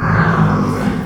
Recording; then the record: squeal of a Yucatan mini pig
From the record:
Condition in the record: after surgery on the right vocal fold (resection and tissue-engineered implant); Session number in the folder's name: 15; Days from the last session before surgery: 175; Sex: female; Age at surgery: 19 weeks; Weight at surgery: 25 kg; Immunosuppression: prednisolone